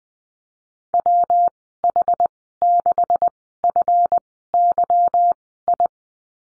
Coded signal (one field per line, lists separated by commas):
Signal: Morse code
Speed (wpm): 20 wpm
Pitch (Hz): 700 Hz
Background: none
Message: WH6FYI